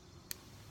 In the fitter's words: Okay, you heard it click, see?